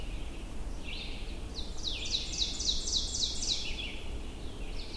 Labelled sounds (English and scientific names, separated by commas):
Ovenbird (Seiurus aurocapilla) song